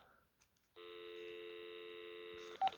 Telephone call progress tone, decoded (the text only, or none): dial tone